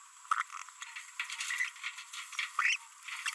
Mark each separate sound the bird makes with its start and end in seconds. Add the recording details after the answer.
0.31-0.42, 2.59-2.76. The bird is a female. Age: 28 days. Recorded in a nest box in Venezuela. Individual 17B42B2